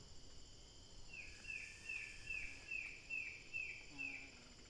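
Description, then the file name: Bird call: a quick run of several short, high notes, evenly spaced, over a steady high hiss. "SABIOD 50 bird 2015"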